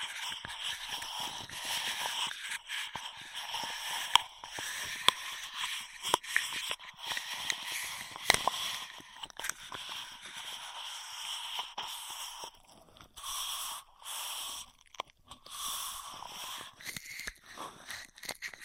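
Airy sucking and blowing through a straw, a breathy whistle-like hiss that runs almost without pause, with its pitch shifting gently. Small clicks and crackly taps dot the sound throughout, and brief silences break it up after about twelve seconds.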